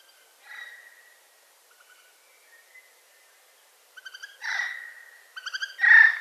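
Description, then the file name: Eurasian jay with soft whistled notes, then rapid clicking bursts leading into two loud, harsh, rasping calls near the end. "Garrulus glandarius"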